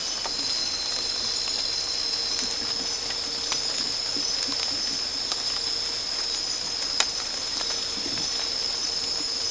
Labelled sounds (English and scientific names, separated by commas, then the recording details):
none
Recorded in dense forest near Puerto Asís, Putumayo, Colombia, on 8 March 2025 at 00:00
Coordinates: 0.467, -76.328
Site G041